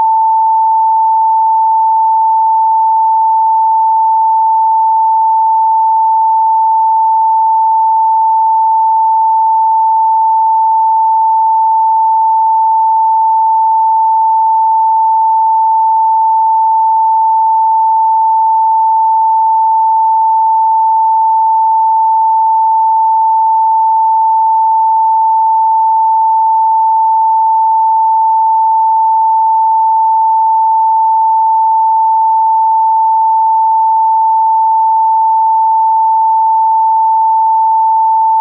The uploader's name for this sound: PURE FREQUENCY 888 Hz